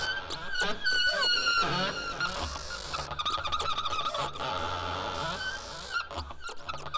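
Whale calls: wavering tonal whistles and upsweeps with stacked harmonics, over dense crackling clicks and a constant low hum.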